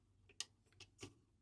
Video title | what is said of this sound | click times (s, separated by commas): Scrapper - The Transformers The Movie - Studio Series - Unboxing & Review | It seems like everything locks into place pretty good, but you can kind of see right here where it's | 0.4 s